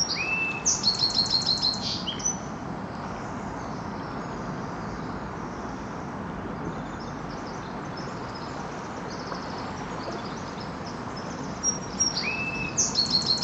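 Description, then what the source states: Sparrow song phrases of whistles and a fast trill, heard at the start and again near the end, separated by a long stretch of steady rushing noise. Sparrows on an ocean shore.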